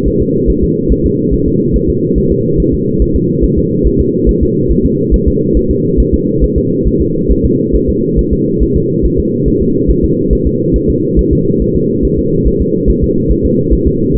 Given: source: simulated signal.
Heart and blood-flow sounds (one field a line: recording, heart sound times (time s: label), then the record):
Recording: fetal heart sounds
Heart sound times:
0.08 s: S1
0.22 s: S2
0.50 s: S1
0.64 s: S2
0.92 s: S1
1.06 s: S2
1.34 s: S1
1.48 s: S2
1.76 s: S1
1.90 s: S2
2.18 s: S1
2.32 s: S2
2.60 s: S1
2.74 s: S2
3.02 s: S1
3.16 s: S2
3.44 s: S1
3.58 s: S2
3.87 s: S1
4.01 s: S2
4.29 s: S1
4.43 s: S2
4.71 s: S1
4.86 s: S2
5.14 s: S1
5.28 s: S2
5.57 s: S1
5.71 s: S2
6.00 s: S1
6.14 s: S2
6.44 s: S1
6.58 s: S2
6.87 s: S1
7.02 s: S2
7.31 s: S1
7.46 s: S2
7.75 s: S1
7.90 s: S2
8.19 s: S1
8.33 s: S2
8.62 s: S1
8.77 s: S2
9.05 s: S1
9.20 s: S2
9.48 s: S1
9.62 s: S2
9.90 s: S1
10.05 s: S2
10.33 s: S1
10.47 s: S2
10.76 s: S1
10.90 s: S2
11.19 s: S1
11.33 s: S2
11.62 s: S1
11.76 s: S2
12.05 s: S1
12.19 s: S2
12.48 s: S1
12.62 s: S2
12.90 s: S1
13.04 s: S2
13.31 s: S1
13.45 s: S2
13.73 s: S1
13.88 s: S2
14.16 s: S1
From the record:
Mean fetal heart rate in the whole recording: 140 bpm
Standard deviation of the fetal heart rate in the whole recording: 2 bpm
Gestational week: 34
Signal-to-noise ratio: -11.2 dB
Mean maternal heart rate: 72 bpm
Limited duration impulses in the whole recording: present